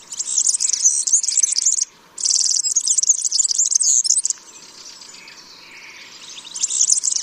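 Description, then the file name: European serin singing in rapid high jangling bursts, two phrases broken by a brief silence, then a quieter stretch before another burst begins. "Verzellino"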